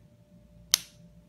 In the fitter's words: you'll hear a click